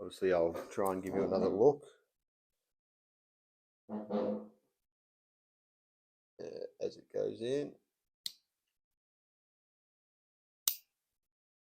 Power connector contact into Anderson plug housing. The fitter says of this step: he that click it's locked into place